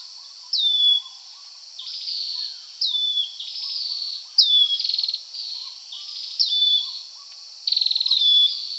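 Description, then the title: Dark-necked tailorbird calls: sharp downward-slurred whistles alternating with buzzy, rattling notes in irregular bursts, with a faint low insect-like chirping underneath. Subspecies Orthotomus atrogularis anambensis. "prenjk gnung. Dark-necked Tailorbird (Orthotomus atrogularis anambensis)"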